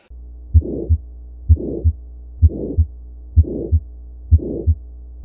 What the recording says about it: A mid-systolic murmur, you can hear that they're initially softer, then they get louder, and then softer again. Sometimes that's referred to as a crescendo-decrescendo murmur.